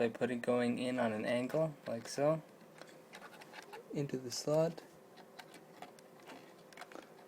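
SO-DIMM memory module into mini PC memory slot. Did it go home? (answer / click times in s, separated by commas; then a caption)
no / none. A SO-DIMM memory module is angled and worked into the memory slot of a Zotac ZBOX HD-ID40 mini PC, needing some fiddling before it is pushed down. Someone talks while only light ticking contact sounds are heard. Nothing has seated or clicked yet.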